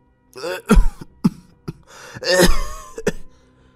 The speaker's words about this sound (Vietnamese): Tiếng hắng giọng của thầy Lã thời gian ngoài khiến cho bà Hoài lập tức dừng suy nghĩ.